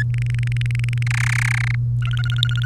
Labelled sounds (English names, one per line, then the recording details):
Domestic Canary song
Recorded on 3 May 2018 at 06:46
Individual llb3